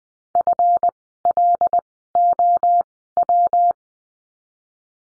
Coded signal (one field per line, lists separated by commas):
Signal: Morse code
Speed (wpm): 20 wpm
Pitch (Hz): 700 Hz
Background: none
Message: FLOW